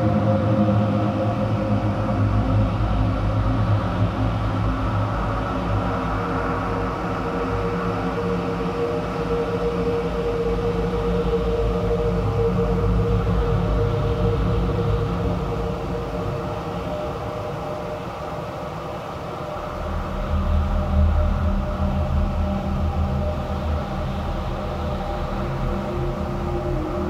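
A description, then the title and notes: A large, cavernous empty space fills with a steady low drone, layered with faint humming tones like machinery or a train. The rumble stays even throughout, dipping slightly near nineteen seconds before a deeper, heavier hum takes over. EmptyWarehouse. Large Spaced Cavernous Emptiness.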